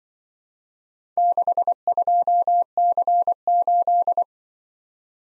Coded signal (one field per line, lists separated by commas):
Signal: Morse code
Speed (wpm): 23 wpm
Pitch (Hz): 700 Hz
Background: none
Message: 62C8